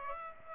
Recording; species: mosquito wingbeat signal from an infrared sensor; Aedes aegypti